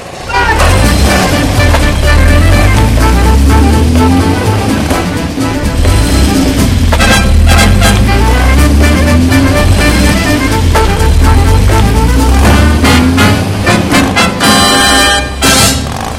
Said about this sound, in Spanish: Los 2 autobuses competían por llegar primero, a costa de los pobres pasajeros, soportando numerosos hoyos de la gran avenida y deslizándolos de un extremo a otro.